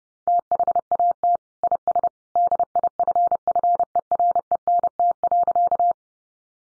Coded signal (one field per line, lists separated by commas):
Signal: Morse code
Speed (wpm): 30 wpm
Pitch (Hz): 700 Hz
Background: none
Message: THAT IS DIFFERENT.